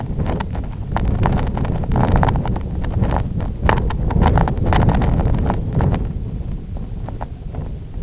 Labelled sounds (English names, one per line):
none